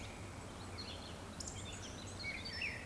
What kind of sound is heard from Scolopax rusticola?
whistle